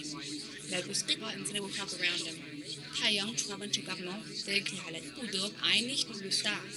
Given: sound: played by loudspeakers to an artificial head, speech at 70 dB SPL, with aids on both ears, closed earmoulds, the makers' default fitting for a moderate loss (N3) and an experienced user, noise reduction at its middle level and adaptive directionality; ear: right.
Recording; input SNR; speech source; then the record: speech test signal (ISTS) in cocktail-party noise; 0 dB; on the right (90 degrees)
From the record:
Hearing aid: class 2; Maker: J